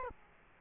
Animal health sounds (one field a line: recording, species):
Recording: mosquito wingbeat signal from an infrared sensor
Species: Culex quinquefasciatus